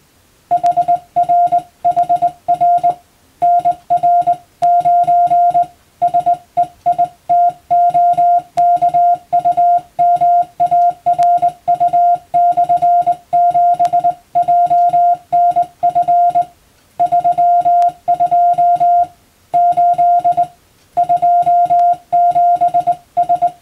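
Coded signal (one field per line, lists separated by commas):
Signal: Morse code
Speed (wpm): 21 wpm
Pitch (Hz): 700 Hz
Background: music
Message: HR HR NR9 SEITOKUMARU/7JNF 32 8 27S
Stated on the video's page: Morse practice scene for a radio operator practical exam, recorded by a first-class radiotelegraph operator.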